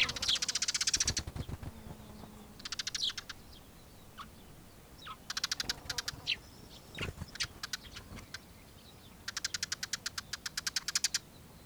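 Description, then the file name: Eurasian tree sparrow calls, repeated high chirps mixed with several rapid chattering bursts of clicking notes spread across the recording. "Passera-mattugia-Passer-montanus Giovanni-Tomas-Xeno-canto"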